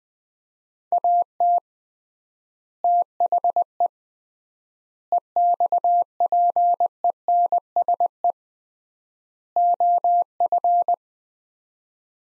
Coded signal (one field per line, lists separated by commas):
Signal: Morse code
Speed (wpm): 20 wpm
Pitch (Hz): 700 Hz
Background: none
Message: AT THE EXPENSE OF